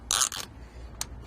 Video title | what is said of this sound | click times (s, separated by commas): etrailer - Hollywood Racks RV and Camper Bike Racks Review - 2021 Renegade RV Valencia Motorhome | you can hear it snaps as you make it tight that just lets you know that it's tight i like that | 0.1 s, 1.0 s